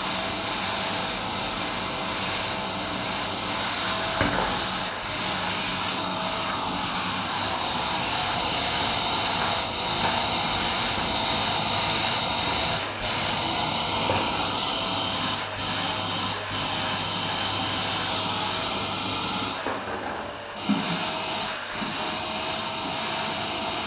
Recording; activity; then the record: daily activity, microphone in the room; vacuum cleaning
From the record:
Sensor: 2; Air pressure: 994.3 hPa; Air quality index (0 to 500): 213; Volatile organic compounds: 1000 ppm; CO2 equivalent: 7027 ppm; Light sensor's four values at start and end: 48/111/47/47 and 51/116/49/50